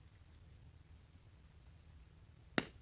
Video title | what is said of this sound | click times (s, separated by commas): DIY Tips & Tricks On Install iPad Air 5th A1474 A1475 Glass Digitizer Screen & Home Button R8T | here click there | 2.6 s